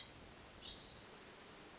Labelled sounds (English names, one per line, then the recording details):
Hermit Thrush
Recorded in Sonoma County, California